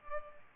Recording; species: mosquito wingbeat signal from an infrared sensor; Culex pipiens